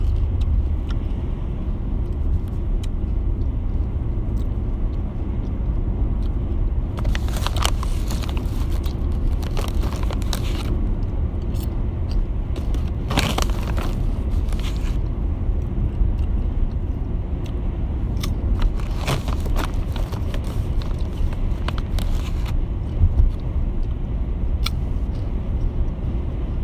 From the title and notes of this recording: A quite Uber ride home. I’m eating two things at once wethers popcorn and chewing gum.